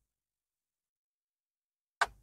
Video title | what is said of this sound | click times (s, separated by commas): how to install overhead lamp assy.. #selfcarcare | Yun, narinig nyo po. Yan, nakakapit na po siya. | 2.0 s